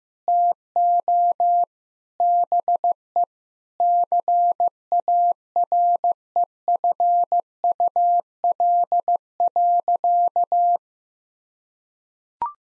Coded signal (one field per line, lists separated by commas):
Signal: Morse code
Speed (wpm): 15 wpm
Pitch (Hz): 700 Hz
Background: none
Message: TO BE CAREFUL.